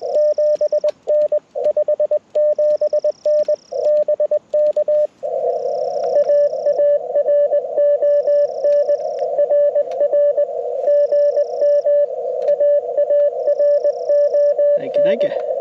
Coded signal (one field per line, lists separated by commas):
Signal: Morse code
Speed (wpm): 21 wpm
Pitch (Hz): 590 Hz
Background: speech, radio noise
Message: 7N 57N BK AARON RR GM AARON